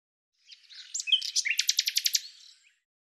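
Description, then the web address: Bird song opening with a few soft scratchy notes, then a quick run of high, sharp notes that trails off into a few soft notes; quiet background. "Deverinetal 2025"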